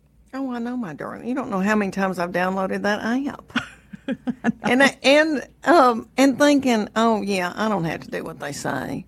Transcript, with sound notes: Oh, I know, my darling. You don't know how many times I've downloaded that app...
(Laughter).
...And thinking, oh, yeah, I don't have to do what they say.